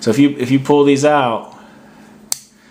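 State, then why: Released. Someone talks, then a non-locking Phillips/flat head tool is pulled out of a pocket multitool's metal handle, giving a short sharp pop at 2.3 s. The tool opens without locking into place.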